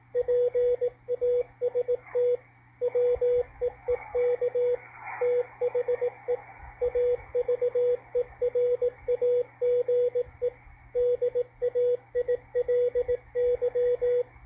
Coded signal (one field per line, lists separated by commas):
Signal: Morse code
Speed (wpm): 18 wpm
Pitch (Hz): 490 Hz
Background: radio noise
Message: PAST WEEK THE AVERAGE DAILY